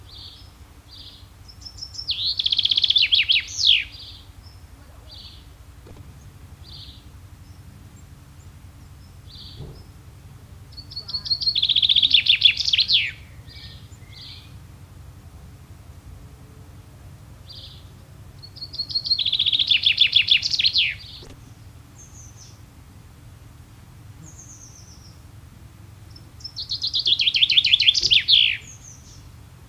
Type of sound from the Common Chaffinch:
song